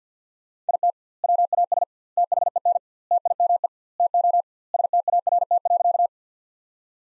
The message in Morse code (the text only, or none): IT WAS THEN TIME TO START.